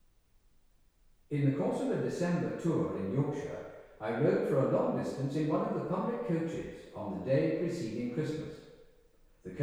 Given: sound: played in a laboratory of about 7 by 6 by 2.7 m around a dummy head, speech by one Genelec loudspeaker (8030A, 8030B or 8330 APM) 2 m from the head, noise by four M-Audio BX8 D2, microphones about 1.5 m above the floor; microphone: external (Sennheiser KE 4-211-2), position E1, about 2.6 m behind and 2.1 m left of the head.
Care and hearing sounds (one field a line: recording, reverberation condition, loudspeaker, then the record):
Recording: male speech in English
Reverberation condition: high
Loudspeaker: behind (180 degrees)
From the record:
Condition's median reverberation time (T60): about 1300 ms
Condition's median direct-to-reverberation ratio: about -4.0 dB